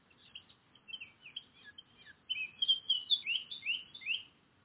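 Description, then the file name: Eurasian blackcap song: soft hurried warbling swells into a loud, clear run of fluting whistled notes in the second half. "Sylvia atricapilla"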